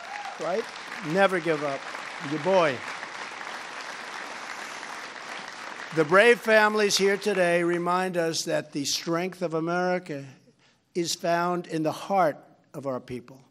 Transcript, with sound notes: right? Never give up. Your boy. (Applause.) The brave families here today remind us that the strength of America is found in the heart of our people.